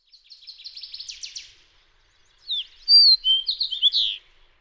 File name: Fox Sparrow